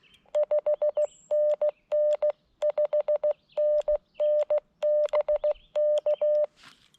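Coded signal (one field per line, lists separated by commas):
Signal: Morse code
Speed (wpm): 16 wpm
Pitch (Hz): 590 Hz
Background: none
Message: 5NN 5NN BK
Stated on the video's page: CW POTA activation at a state forest using an FX-4CR at 5 watts with Emtech ZM-2 tuner, 41-foot random wire and 17-foot counterpoise.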